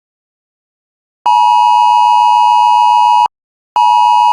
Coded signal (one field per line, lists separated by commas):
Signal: Emergency Alert System (SAME) tones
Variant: 853 and 960 Hz attention tone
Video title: EAS Scenario #4: World War III: The Invasion (Part 7)